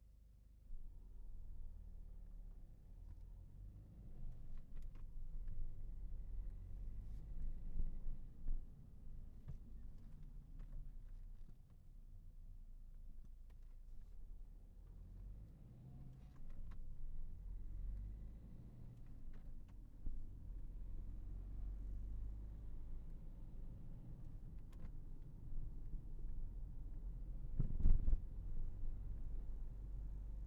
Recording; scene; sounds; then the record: everyday scene through a hearing-aid microphone; in a vehicle; engine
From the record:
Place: Berlingo II, diesel engine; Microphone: behind the ear, left, front